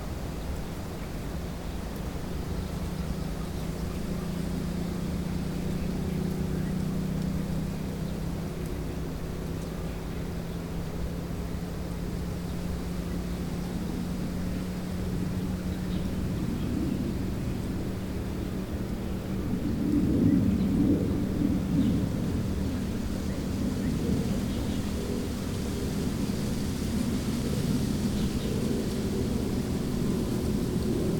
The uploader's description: Quiet wind. Motorcycle. Grass.